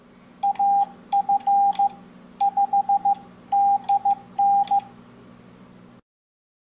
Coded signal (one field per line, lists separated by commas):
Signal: Morse code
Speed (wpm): 15 wpm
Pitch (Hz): 800 Hz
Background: none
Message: AF5DN